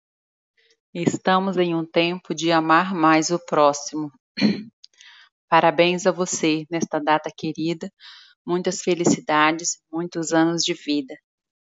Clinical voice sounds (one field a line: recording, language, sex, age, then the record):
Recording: short text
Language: Brazilian Portuguese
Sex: female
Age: 30 to 39 years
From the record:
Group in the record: control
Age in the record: 30 years